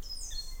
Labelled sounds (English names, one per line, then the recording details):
Stitchbird song
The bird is a male
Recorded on Tiritiri Matangi Island, New Zealand, in 2005
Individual 11, of nest box 13